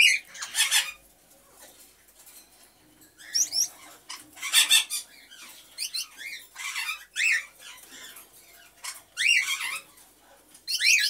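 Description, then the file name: Senegal parrot calling with harsh squawks and short curving whistles, repeated in irregular clusters across the stretch, some notes sweeping up then down. Hand-tame talking Senegal parrot named Alik. "ruchnoj govoryashhij senegalskij popugaj alik"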